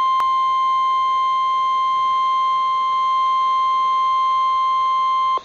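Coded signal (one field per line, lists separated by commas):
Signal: Emergency Alert System (SAME) tones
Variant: 1050 Hz attention tone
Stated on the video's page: Real NOAA Weather Radio alerts: one severe thunderstorm warning and two severe thunderstorm watches.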